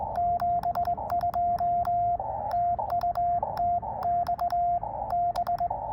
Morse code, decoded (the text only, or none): 72 TU TX B